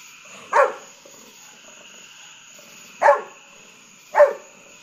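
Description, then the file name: Golden retriever barks three times: one bark, a long gap of over two seconds, then two more barks about a second apart, over a quiet hiss. Barking at nighttime fireworks. "Golden Retriever Bud"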